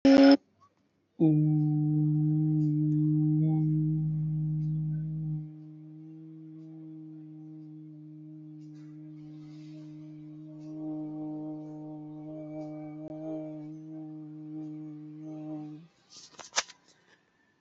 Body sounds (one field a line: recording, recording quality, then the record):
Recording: sustained vowel as in boot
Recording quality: excellent, no background noise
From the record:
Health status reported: healthy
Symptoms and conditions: none ticked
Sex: male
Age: 20 years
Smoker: not ticked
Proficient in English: yes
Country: India